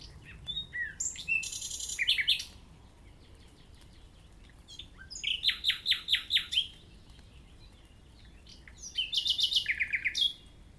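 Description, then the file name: Common nightingale singing three separate phrases of rapid, loud repeated notes, with quiet pauses in between. "Luscinia megarhynchos"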